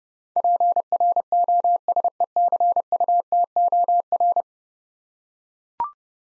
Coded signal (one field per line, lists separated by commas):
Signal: Morse code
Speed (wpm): 30 wpm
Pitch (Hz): 700 Hz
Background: none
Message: PROSECUTOR